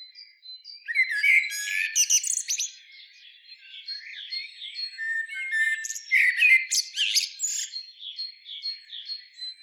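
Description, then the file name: Common blackbird singing two loud phrases, each a fluty warble rising into sharp high twittering, with softer notes between and after them. "Turdus merula"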